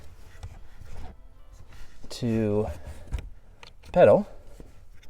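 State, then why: Not seated. The plastic wiring-harness connector of a throttle controller is handled near the accelerator pedal socket while someone talks, with a few faint handling ticks and rustles. The connector has not been pushed home yet, and nothing has seated or clicked.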